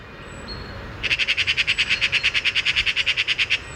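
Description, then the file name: Eurasian magpie giving a long rapid rattle of harsh chak notes lasting over two seconds, after two brief faint thin whistles. "Pica pica"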